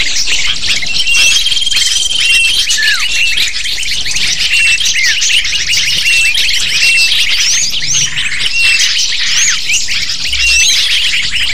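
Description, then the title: Lovebirds chattering in a dense flock, a constant stream of shrill, overlapping chirps and squeaks with occasional longer whistled notes, steady throughout. Used to lure lovebirds. "PIKAT BURUNG LOVEBIRD"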